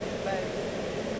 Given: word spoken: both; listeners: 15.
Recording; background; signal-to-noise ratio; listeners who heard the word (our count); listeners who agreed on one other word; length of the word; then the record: one English word in noise, from a listening test; speech-shaped noise; -5.9 dB; 2 of 15; 6 of 15; 0.80 s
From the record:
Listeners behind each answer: 6, 3, 2, 2, 1, 1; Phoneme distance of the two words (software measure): 10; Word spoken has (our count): 1 syllable, 3 phonemes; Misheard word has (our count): 1 syllable, 3 phonemes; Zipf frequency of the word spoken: 5.57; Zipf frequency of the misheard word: 4.51